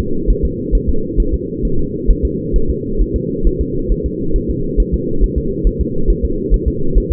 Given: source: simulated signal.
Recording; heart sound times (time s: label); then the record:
fetal heart sounds
0.00 s: S2
0.30 s: S1
0.45 s: S2
0.75 s: S1
0.89 s: S2
1.20 s: S1
1.34 s: S2
1.65 s: S1
1.79 s: S2
2.10 s: S1
2.25 s: S2
2.56 s: S1
2.70 s: S2
3.02 s: S1
3.16 s: S2
3.47 s: S1
3.61 s: S2
3.92 s: S1
4.06 s: S2
4.36 s: S1
4.50 s: S2
4.80 s: S1
4.94 s: S2
5.24 s: S1
5.38 s: S2
5.67 s: S1
5.81 s: S2
6.10 s: S1
6.25 s: S2
6.54 s: S1
6.68 s: S2
6.98 s: S1
7.12 s: S2
From the record:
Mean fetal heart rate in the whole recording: 135 bpm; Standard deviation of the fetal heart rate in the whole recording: 3 bpm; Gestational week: 36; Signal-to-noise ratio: -8.1 dB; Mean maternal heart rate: 72 bpm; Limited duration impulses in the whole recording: absent